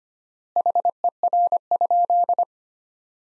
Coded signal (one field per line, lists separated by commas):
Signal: Morse code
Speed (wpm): 25 wpm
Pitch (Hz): 700 Hz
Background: none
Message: HER?